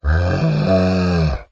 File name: zapsplat. cow moo